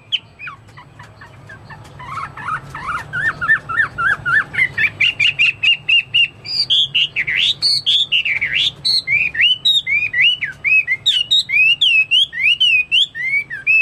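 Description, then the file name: Chinese hwamei song building from quiet jumbled notes to loud, fast, varied whistles and looping slurs. "omkicau hwamei"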